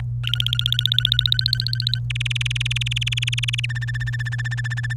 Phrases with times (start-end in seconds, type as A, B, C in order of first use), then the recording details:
0.23-1.99 A, 2.10-3.66 B, 3.69-4.93 C. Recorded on 27 April 2018 at 10:25. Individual llb3